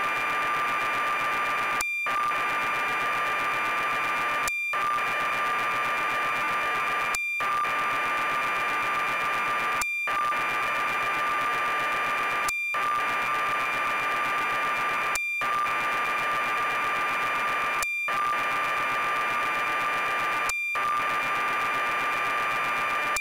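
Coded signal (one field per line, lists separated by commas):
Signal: computer data on cassette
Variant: BBC Micro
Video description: Tape loading sequence of Sabre Wulf by Ultimate Play The Game on the BBC Micro computer. Captured from BeeBEm emulator.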